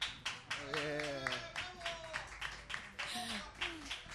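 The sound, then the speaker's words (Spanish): Scattered hand clapping from a crowd, sharp irregular claps rising and falling over several seconds, mixed with people talking and calling out over the applause. “Quiero decir que yo no estoy de acuerdo en todos estos aplausos. Cada uno es responsable del golpeteo de sus manos.”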